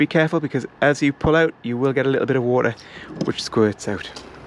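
The plastic fitting of the external shower hose is handled at its wall socket on a Chausson 757 motorhome after being pulled out, which releases a little squirt of water, before it is pushed back in. Someone talks throughout, with no distinct click heard. Nothing has seated or clicked yet.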